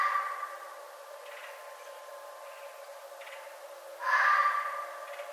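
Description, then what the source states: Red fox raspy call, one loud burst near the end after a few faint ones, over a continuous low hum. Recorded on 11 November 2011.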